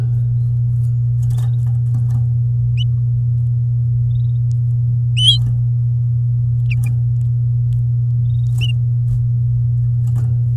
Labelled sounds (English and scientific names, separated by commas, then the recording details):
Domestic Canary (Serinus canaria) song
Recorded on 10 May 2018 at 07:22
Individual llb16